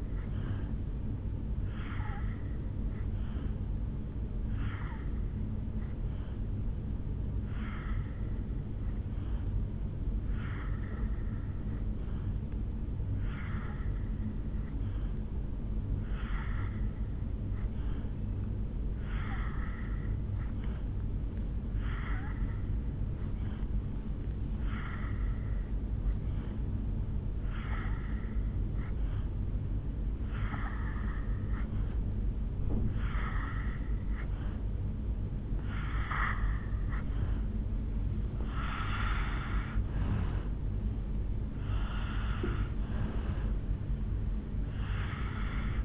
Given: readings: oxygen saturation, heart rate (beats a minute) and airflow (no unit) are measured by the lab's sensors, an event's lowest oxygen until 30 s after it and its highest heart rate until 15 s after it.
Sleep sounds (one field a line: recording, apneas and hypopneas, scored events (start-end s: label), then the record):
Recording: breathing in sleep by a smartphone at the bedside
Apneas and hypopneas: 1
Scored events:
4.00-32.50 s: hypopnea (N2, oxygen 87% highest, then 82% lowest, heart rate 66 at the start, 71 highest)
11.00-45.85 s: new sleep stage, N3 (deep sleep)
From the record:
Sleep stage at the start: N2 (light sleep)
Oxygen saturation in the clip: 81 to 87%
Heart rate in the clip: 65 to 71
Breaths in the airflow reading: 10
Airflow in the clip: -6.9 to 3.6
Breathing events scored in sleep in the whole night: 449 in 7.0 hours asleep